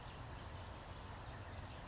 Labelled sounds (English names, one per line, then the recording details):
California Towhee
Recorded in Sonoma County, California